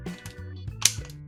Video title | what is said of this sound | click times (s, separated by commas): Mecard Ball Mega Akan mega Review (Akan +Akansphere + Bitewolf China + Wolfinix) | yeah click that in and that push it out a trigger | 0.9 s